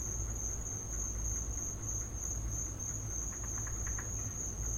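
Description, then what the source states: High continuous cricket trill with a few faint short sounds toward the end and low background hum. Crickets in the recordist's back yard; field recording.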